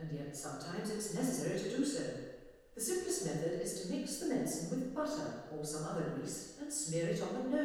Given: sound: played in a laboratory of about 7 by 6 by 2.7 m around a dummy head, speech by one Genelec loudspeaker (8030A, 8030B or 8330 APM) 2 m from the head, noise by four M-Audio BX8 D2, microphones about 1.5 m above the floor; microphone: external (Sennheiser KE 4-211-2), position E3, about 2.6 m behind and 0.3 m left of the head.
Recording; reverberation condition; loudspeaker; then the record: female speech in English; high; 30 degrees to the right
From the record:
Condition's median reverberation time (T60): about 1300 ms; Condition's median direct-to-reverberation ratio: about -4.0 dB